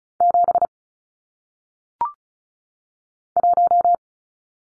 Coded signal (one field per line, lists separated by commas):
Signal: Morse code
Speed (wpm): 36 wpm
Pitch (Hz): 700 Hz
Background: none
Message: 7 1